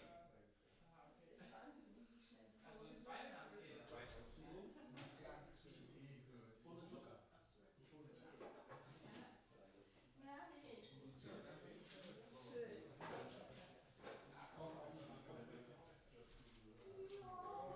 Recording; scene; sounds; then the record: everyday scene through a hearing-aid microphone; many people talking; many voices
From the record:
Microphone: in the ear canal, left